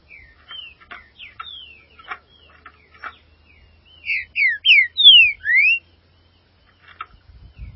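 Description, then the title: Green-winged saltator song: soft ticking and short slurred notes, then a loud run of five clear whistles sliding up and down, ending with quiet clicks. "Trinca Ferro"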